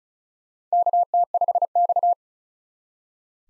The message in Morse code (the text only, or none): KT5X